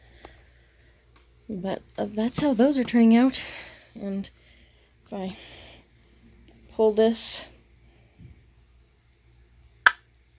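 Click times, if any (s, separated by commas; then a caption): 9.9 s. Someone talks, then pulls a resin magnetic needle minder so its magnet snaps against the magnet backing through the embroidery fabric. A sharp click is heard at 9.9 s, and the minder sits seated right up against the fabric.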